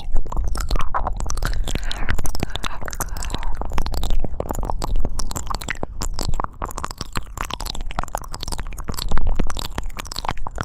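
Binaural mouth sounds: a dense, continuous stream of wet clicks, smacks and gurgling crackles, steady throughout, with a low rumbling undertone.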